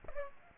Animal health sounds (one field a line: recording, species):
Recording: mosquito wingbeat signal from an infrared sensor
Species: Aedes aegypti